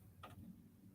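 A thread bobbin sitting on a sewing machine's bobbin winder spindle is pushed over against the stop and snaps into winding position with a sharp click at 0.2 s. Low hum fills the rest of the clip, and the snap shows the winder is seated and ready to wind.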